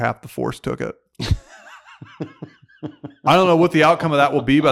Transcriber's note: laughing